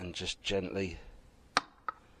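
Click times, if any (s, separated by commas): 1.6 s, 1.9 s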